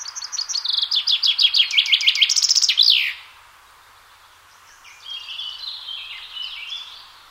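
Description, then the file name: Common chaffinch song: a descending chain of crisp notes ending in a flourish, followed by quieter twittering. "Fringilla coelebs"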